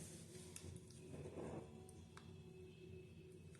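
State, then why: Not seated. A custom-made removable plastic dental veneer is handled over natural teeth before being pressed into place, with a steady low background hum and a few brief faint ticks. Nothing has seated or snapped into place yet.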